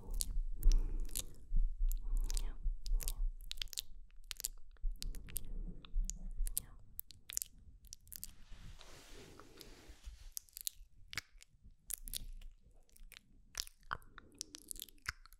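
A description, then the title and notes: Mouth sounds: wet chewing and crunching with sharp, bright clicks and snaps scattered irregularly throughout, over soft low smacking and breathy puffs. A hissy exhale sits around the eight to ten second mark, and the activity thins slightly toward the end. MOUTH SOUNDS + HYPNOTIC HANDS ASMR.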